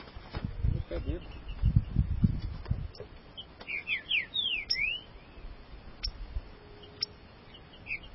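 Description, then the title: Green-winged saltator giving one short phrase of swooping whistled notes after some low knocking and clattering sounds. "Trinca Ferro"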